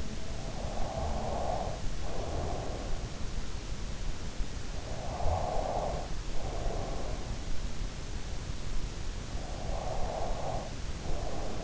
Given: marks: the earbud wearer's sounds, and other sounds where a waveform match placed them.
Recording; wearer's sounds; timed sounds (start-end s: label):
sounds in sleep by an in-ear microphone; snoring breath, breath
0.00-2.70 s: snoring breath
4.35-7.62 s: breath
9.01-11.64 s: breath